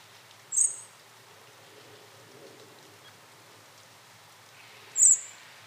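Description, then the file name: Common blackbird giving two brief, thin, high-pitched call notes about four and a half seconds apart, with soft background hiss between them. "Turdus merula"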